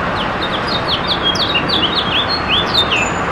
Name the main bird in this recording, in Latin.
Haemorhous mexicanus